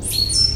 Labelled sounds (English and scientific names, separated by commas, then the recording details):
Stitchbird (Notiomystis cincta) song
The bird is a male
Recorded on Tiritiri Matangi Island, New Zealand, in 2005
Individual 20, of nest box 28